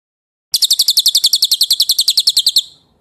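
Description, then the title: Bird song: a rapid, regular trill of bright high notes running about two seconds before trailing off, with nothing else audible. Masteran recording, used for training songbirds. "Suara masteran Burung"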